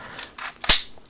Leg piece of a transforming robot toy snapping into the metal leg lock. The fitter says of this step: same thing on that time they snap right in there lock really well